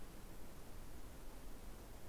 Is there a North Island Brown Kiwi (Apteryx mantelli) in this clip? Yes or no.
no